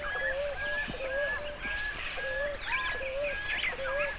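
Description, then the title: Birds singing together: overlapping sharp chirps and short whistles, with a lower warbled note recurring often beneath the chorus. "LuckyPassaro Completos2Sama"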